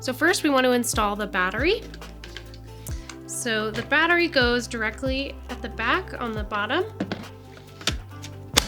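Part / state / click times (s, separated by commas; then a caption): battery pack into portable oxygen concentrator / seated / 8.6 s. Someone talks while a rechargeable battery pack is slid into its bay at the back bottom of a CAIRE SeQual Eclipse 5 portable oxygen concentrator. Soft sliding and knocking sounds lead to a sharp, short click at 8.6 s as the pack latches into place, fully seated.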